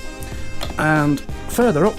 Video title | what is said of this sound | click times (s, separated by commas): VTOMAN FlashSpeed PRO 3600 - Their Most Powerful Power Station Yet! | The handle, you can see, you just press the button here, it comes up and clicks into place there. | 0.6 s